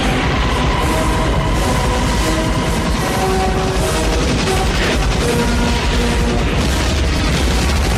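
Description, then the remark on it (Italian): A dense, loud battle scene from the 1979 Francis Ford Coppola film Apocalypse Now, the Vietnam helicopter attack: continuous rumbling booms and bursts of gunfire over a steady mechanical roar, with faint tonal music, Wagner's Ride of the Valkyries, running underneath throughout. “Ecco, vi ho fatto ascoltare forse una delle scene più famose della storia del cinema, quando c'è l'attacco degli elicotteri.”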